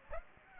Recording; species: mosquito wingbeat signal from an infrared sensor; Aedes aegypti